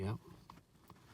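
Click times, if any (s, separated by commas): none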